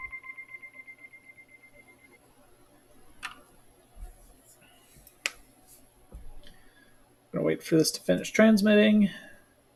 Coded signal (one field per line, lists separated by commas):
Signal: dial-up modem handshake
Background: speech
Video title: HAM Radio for a while - FT8 digital mode